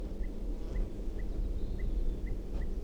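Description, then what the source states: Red Crossbill alarm calls, several short notes at uneven short intervals over a steady low background rumble. Type 2; female giving alarm calls near her nest at 6:57 p.m., after a quiet spell; recorded from right underneath the nest tree, pointed at the nest.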